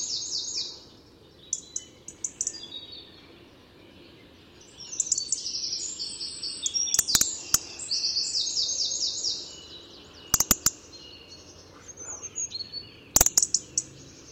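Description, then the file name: Eurasian wren, high and thin, with scattered short notes that break into a fast, rattling trill midway, followed by a few sharp ticks. "Troglodytes troglodytes"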